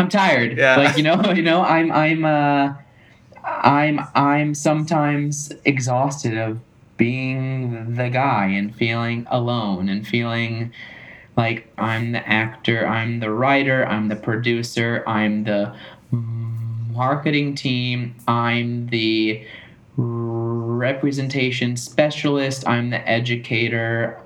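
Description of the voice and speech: Adult man, a New York City actor and singer who stutters and has moved from hiding his stutter to stuttering openly, speaking with repeated "I'm, I'm," drawn-out words and silent blocks before words, typical of stuttering.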